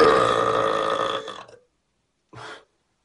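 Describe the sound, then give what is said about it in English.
A long, loud, rumbling human burp lasting over a second, followed after a brief silence by a short, quieter second belch, from an Australian man attempting to set the world record for the loudest burp. “Doing an attempt to see if I'm eligible for the world's loudest burp, 109.9 decibels, by Peter Hun from England.”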